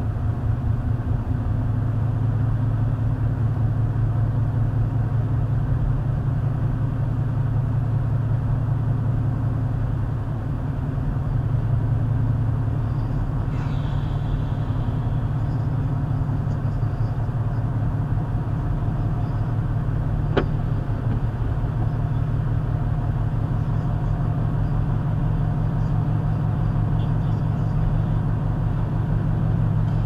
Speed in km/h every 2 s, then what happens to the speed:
44, 45, 47, 47, 47, 47, 47, 48, 50, 50, 50, 50, 52, 52, 53.
0-30 speeds up to 53.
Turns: none.